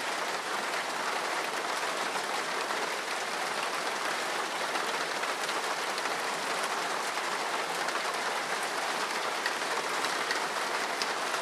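Rain falls steadily on a roof, a dense, even hiss of countless tiny drop impacts with no pauses or swells. The sound is bright and close, crowded in the upper range with little low rumble, and stays at a constant level throughout.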